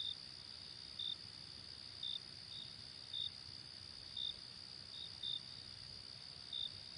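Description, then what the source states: Crickets calling, short shrill chirps repeating about every second, some softer, above a constant high buzzing trill. Night ambience.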